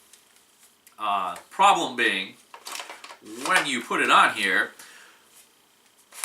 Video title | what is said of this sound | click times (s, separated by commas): Buzz Bee Air Warriors Ultra-Tek Sentinel! | it won't lock in so if you're like me you'll have lost this once i've been lucky to find it um | none